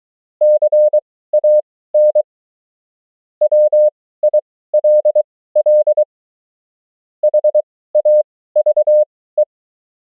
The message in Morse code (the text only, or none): CAN WILL HAVE